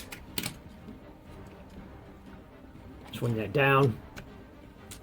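A plastic crane boom on a Transformers Earthrise Voyager Class Autobot Grapple toy in robot mode is swung down into its locked position, with a sharp click at 0.4 s as it locks into place. Someone talks, and a few faint taps follow. The boom ends up locked and dead solid.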